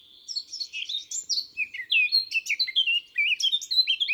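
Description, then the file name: Eurasian blackcap song, a fast, rich warble of twittering and slurred notes running throughout, with no other clear sounds. "Sylvia atricapilla"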